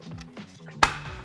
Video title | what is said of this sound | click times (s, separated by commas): Ford F150 Rhino Rack Ski Carrier/Fishing Rod Holder & hybrid Bike carrier Install and Review | that's clicked in we can take our walk and there | 0.8 s